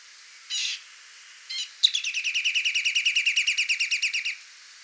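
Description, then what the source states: Rock nuthatch with two brief call notes, then a rapid, even trill of sharp repeated notes running for over two seconds. Song and calls.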